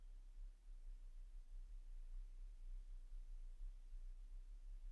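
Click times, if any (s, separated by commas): none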